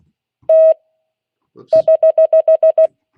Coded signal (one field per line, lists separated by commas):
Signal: Morse code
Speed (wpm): 16 wpm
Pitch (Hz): 640 Hz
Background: speech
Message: T<HH>